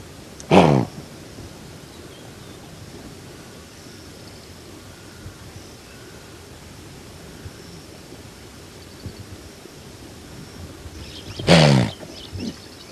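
Blue wildebeest letting out two loud, harsh, nasal grunts, one at the start and one near the end, separated by a long stretch of quiet background hiss.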